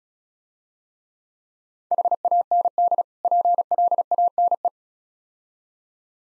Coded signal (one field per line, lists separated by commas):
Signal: Morse code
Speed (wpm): 36 wpm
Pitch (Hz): 700 Hz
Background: none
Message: HAND PLANE